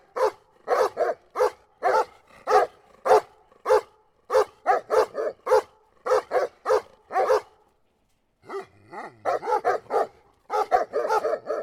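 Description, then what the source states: Dog barks come in rapid uneven runs from two animals, a brief silence near eight seconds, then the barking resumes at a quick pace. Two dogs barking together in a polyrhythmic duo.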